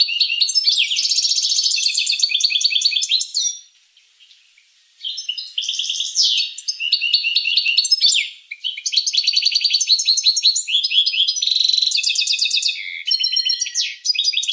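Finch giving long, busy phrases of buzzy trills and chirps, a short silent break, then an almost unbroken stream of twittering song.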